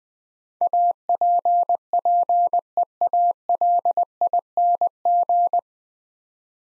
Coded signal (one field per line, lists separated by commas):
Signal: Morse code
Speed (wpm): 20 wpm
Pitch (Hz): 700 Hz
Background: none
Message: APPEALING